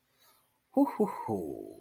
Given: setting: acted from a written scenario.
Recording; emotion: vocal sound without words; triumph